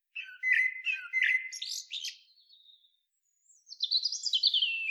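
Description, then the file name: Eurasian blackbird song with mellow whistled notes that break into rising, scratchy twittering, a short pause, then a second squeaky, descending phrase to close. "Turdus merula"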